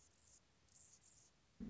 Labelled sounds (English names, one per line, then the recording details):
Anna's Hummingbird
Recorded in Sonoma County, California